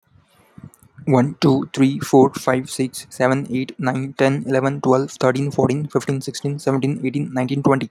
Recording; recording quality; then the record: counting at a fast pace; excellent, no background noise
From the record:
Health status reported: healthy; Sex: male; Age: 23 years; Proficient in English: yes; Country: India